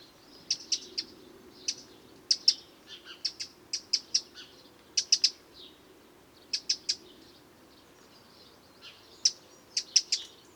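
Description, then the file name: Eurasian wren calling with sharp, high ticks, singly and in short groups, spaced by pauses. "Troglodytes troglodytes"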